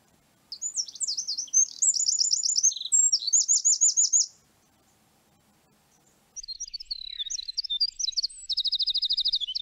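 Bird song: high, fast twittering phrases of chirps and trills, a silent gap of about two seconds, then another rapid trilled run ending in a steady series of repeated notes.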